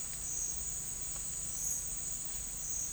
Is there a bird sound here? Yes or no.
no